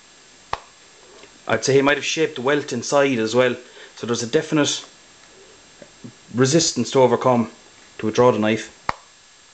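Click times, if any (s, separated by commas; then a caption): 8.9 s. A knife is pushed back into a wet-formed leather sheath, and its guard snaps into the moulded retention. Someone talks throughout, with a sharp click at 0.5 s and the guard clicking in at 8.9 s. The knife is seated and held firmly in the sheath.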